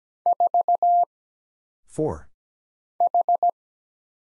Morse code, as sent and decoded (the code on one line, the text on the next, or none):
....- / ....
4 H